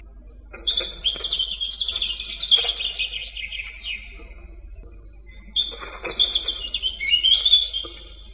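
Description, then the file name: European robin song: two high, tumbling phrases of fast warbled and trilled notes, each lasting a few seconds, with a low hum beneath. "zarjanka"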